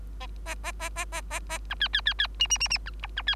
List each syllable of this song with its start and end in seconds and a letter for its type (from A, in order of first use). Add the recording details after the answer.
0.20-0.27 A, 0.46-0.55 A, 0.63-0.72 A, 0.79-0.89 A, 0.96-1.05 A, 1.12-1.21 A, 1.30-1.40 A, 1.49-1.58 A, 1.70-1.75 B, 1.80-1.88 C, 1.93-2.01 C, 2.05-2.13 C, 2.18-2.27 C, 2.39-2.47 D, 2.50-2.58 D, 2.60-2.68 D, 2.70-2.78 D, 2.86-2.90 B, 3.02-3.07 E, 3.16-3.22 B, 3.27-3.35 C. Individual Bird3